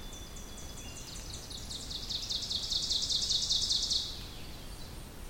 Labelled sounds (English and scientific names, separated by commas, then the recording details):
Ovenbird (Seiurus aurocapilla) song
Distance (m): 25 m
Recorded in boreal forest in Alberta, Canada, on 2 June 2016 at 08:05
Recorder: SongMeter 3, array SBT-3-7
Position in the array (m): 190 m, 110 m
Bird 6